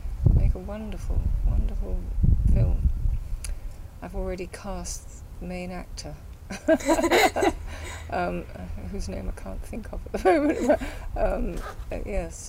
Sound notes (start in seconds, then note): 6.6 laughs; 10.2 laughs